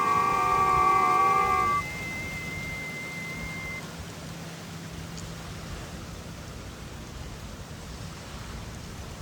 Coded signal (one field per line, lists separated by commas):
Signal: FT8